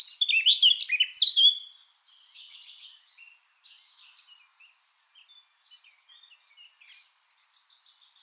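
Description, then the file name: Eurasian blackcap song, a loud fluty whistled flourish at the start, then fading into a long soft scratchy chattering warble. "Sylvia atricapilla"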